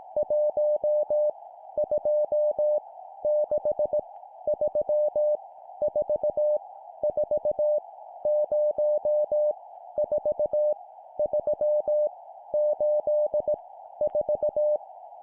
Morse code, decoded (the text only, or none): 1 2 6 3 4 4 0 4 3 8 4